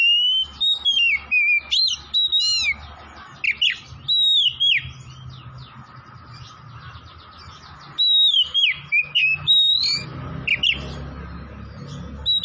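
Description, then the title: Oriental magpie-robin singing rich whistled phrases with downslurred and rising notes and quick chirps, a long quieter pause midway, then more vigorous whistling; faint background hum throughout. Singing vigorously (gacor); Tretes type. "Kacer Tretes"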